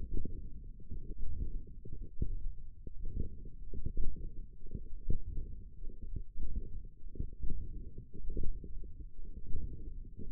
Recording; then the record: forearm muscle sounds (acoustic myography)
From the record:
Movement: hand opening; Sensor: system 1, eight BSWA MPA416 microphones around the upper forearm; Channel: 5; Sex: female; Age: 21 years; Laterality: right